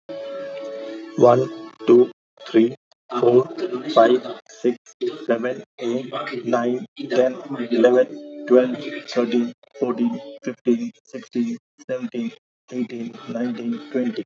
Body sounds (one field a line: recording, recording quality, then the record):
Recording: counting at a normal pace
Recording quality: moderate, slight background noise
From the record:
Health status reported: healthy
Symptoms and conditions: none ticked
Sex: male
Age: 44 years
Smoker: not ticked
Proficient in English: yes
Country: India